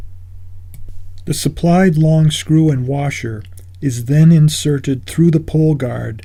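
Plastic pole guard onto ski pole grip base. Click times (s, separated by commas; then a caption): 0.7 s. A plastic pole guard positioned near the base of a ski pole grip is pulled toward the shaft and snaps into place with a single sharp snap at 0.7 s. Someone then talks over a steady low hum. The guard is seated on the grip.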